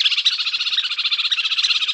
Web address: Dendrocopos medius